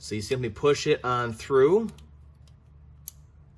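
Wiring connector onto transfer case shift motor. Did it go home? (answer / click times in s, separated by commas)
yes / 3.1 s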